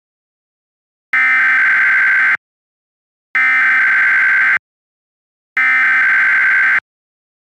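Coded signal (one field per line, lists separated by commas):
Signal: Emergency Alert System (SAME) tones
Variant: header bursts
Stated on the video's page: Mock Required Weekly Test on cable provider BESTcable.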